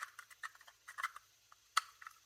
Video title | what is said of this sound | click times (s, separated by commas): Next-Gen Solar Tracker Teardown | Love that snap sound. | 1.8 s